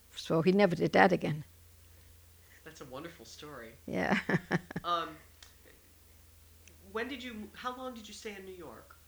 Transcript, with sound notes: So he never did that again.
That's a wonderful story.
Yeah. ( she laughs )
Um, when did you, how long did you stay in New York?